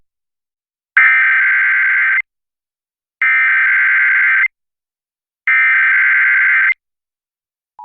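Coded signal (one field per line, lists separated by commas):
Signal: Emergency Alert System (SAME) tones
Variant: header bursts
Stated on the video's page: Required monthly test on a 95.5 MHz FM broadcast station, recorded from an online stream.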